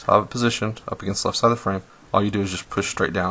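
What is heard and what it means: A trigger sear, with its pin at the bottom facing right, is held against the left side of a pistol frame between the flat spring and the hammer, ready to be pushed straight down into place. Someone talks throughout, with quiet handling underneath. Nothing has seated or clicked yet.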